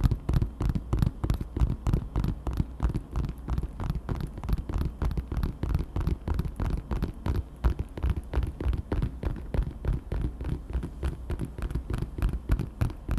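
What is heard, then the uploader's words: Steady tapping on dark objects, a quick regular run of sharp knocks, about three to four per second, continuing for the full length. Each tap carries a dull low thud with a brief bright click on top, and the pace barely changes. ASMR TAPPING on Dark things 黒いものにタッピング.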